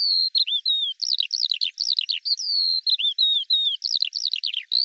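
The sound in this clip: Eurasian skylark song mixing level whistled notes with quick bursts of high chirping twitters, flowing almost without pause over a few seconds.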